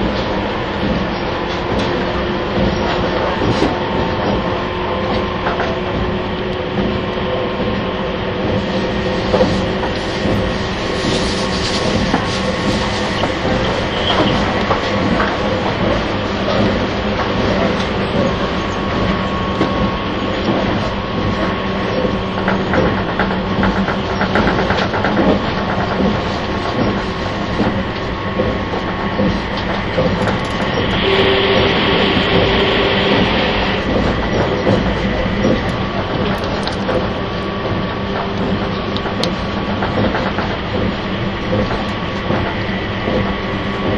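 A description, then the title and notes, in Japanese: Steady rumble of a limited express train running, with dense wheel clatter and tonal hum, and a brief bright hiss around thirty seconds. 甲高いモーター音が特徴の外扇型の主電動機を持つ、651系仙台発上野行き＂スーパーひたち66号＂の走行音を収録したものです。収録年月:2007,12。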